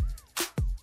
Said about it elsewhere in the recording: Because I just sneezed on the air. Didn't mean to. I didn't mask it with any fake masculinity. Right. That was just a genuine sneeze.